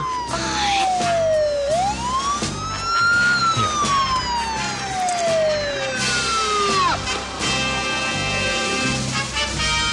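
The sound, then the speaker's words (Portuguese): A police car siren wails in long, slow rising and falling sweeps, loud and steady, over a continuous low rumbling, pulsing background. “Pai, a polícia vem aí.”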